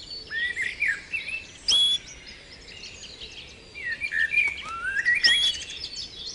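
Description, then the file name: Canary twittering: scattered chirps and short rising whistles with brief sharp notes and quiet gaps between bursts. Canary 'terapi' (therapy) song recording, intended for training birds. "kenari terapi omkicau"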